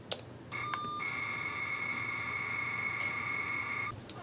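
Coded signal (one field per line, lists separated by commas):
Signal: modem data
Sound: short tone, then about three seconds of steady two-tone data warble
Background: faint room hiss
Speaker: we have the option to load a text file and we've got a couple of these in memory so let's go ahead and send Sarah from this unit over here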